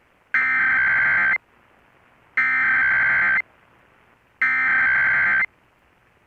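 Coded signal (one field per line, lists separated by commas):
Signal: Emergency Alert System (SAME) tones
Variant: header bursts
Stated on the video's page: National Periodic Test relayed strictly by broadcast TV and AM radio stations, not mobile devices.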